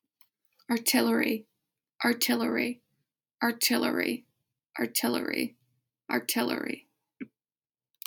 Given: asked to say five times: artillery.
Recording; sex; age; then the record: repeated word; female; 20 to 29 years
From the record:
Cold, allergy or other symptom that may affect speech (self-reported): no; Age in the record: 21 years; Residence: New Jersey, United States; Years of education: 16